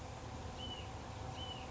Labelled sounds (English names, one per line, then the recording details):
Hutton's Vireo
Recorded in Sonoma County, California